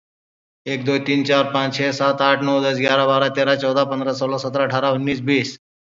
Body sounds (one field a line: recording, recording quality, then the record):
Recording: counting at a fast pace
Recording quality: excellent, no background noise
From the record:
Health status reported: COVID-19 positive, no symptoms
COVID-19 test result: positive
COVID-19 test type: RT-PCR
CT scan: not taken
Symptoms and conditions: none ticked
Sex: male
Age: 44 years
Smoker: yes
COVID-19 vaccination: both doses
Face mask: worn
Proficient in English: no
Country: India